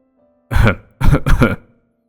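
A man coughs three times in quick succession, one rough bark followed after a short pause by two more close together, with no talking.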